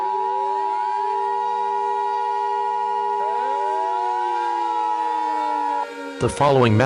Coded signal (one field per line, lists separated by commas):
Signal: Emergency Alert System (SAME) tones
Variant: 853 and 960 Hz attention tone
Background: speech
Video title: Annexed: An EAS Scenario